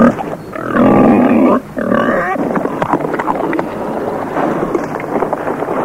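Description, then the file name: Pig grunting and squealing in a busy, noisy mix, with a long harmonic squeal near the start and rough low grunts continuing throughout. "prase"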